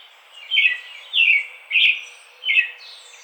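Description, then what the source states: American robin song of four rich, whistled phrases, about two thirds of a second apart. Recorded 4 May 2009.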